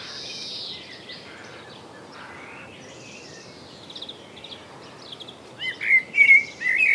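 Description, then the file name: Common blackbird: faint high notes at first, then a burst of louder, sharp notes near the end, over steady background hiss. "Turdus merula"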